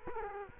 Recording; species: mosquito wingbeat signal from an infrared sensor; Culex quinquefasciatus